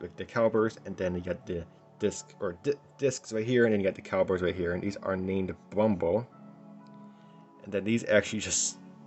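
Someone talks while handling scale model brake parts, a brake caliper and brake disc for a Tamiya Mk 4 Toyota Supra with a wide body kit, with music playing in the background. No distinct click is heard, and the caliper has not yet clicked into place on the disc.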